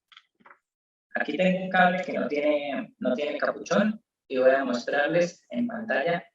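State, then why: Not seated. A high-tension ignition cable without a boot is handled before being pushed onto its mating terminal, with a few faint ticks near 0.2 s and 0.5 s. Then someone talks for the rest of the clip. Nothing has seated or clicked yet; the cable is not yet home.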